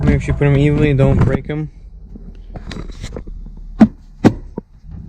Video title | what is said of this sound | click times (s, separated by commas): How to install oem Red illumination light for the Honda Civic typeR | Make sure you hear all the clicks. | 2.6 s, 2.7 s, 4.3 s, 4.6 s